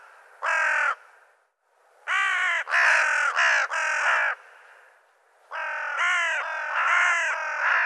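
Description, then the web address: Bird giving one harsh caw, a pause, four quick caws, a brief lull, then a long, rough run of caws that barely breaks. "cianscape birddata Deverinetal 2025 Bird Co Co Co Co"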